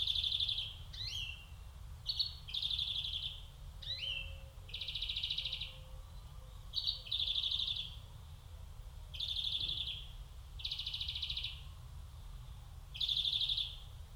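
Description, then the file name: European greenfinch producing a series of fast, even trills interspersed with short downward-swooping notes, with gaps of varying length between bursts. "Chloris chloris"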